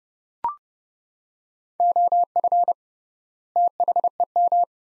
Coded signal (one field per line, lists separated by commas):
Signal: Morse code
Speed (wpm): 32 wpm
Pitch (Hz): 700 Hz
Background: none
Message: OF THEM